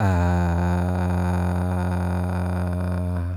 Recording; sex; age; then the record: sustained vowel /a/; male; 50 to 59 years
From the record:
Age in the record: 53 years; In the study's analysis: included